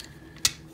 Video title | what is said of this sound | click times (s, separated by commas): Video Review: Transformers: Power of the Primes - Leader Class RODIMUS UNICRONUS | you do this there's a little tab here you want to make sure that actually clicks | 0.4 s